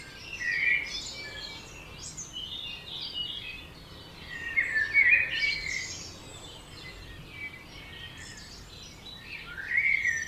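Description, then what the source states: Birds chorusing, with bursts of overlapping high chirps and warbles every few seconds and quieter twittering between. Dawn chorus recorded at 4am in Oberhofen, Inntal valley, Austria; binaural recording, best heard with headphones.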